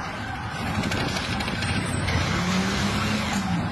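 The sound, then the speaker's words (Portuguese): A car engine roars steadily at high revs during a police chase, a loud sustained motor drone with a rising tonal whine and faint tire noise, as the vehicle speeds along. “Perseguição no Augusto, ó. O policial tá com a... Embicando no... atrás do carro preto, ó.”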